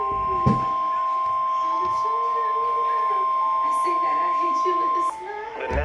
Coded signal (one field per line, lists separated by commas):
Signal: Emergency Alert System (SAME) tones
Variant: 1050 Hz attention tone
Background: speech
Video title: EAS#436: TOR